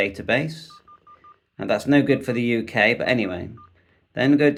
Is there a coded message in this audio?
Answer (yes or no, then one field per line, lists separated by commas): no